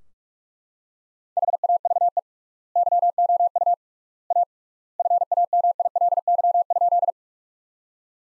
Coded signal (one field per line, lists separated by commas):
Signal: Morse code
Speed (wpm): 42 wpm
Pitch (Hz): 700 Hz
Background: none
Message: HAVE YOU A FAMILY?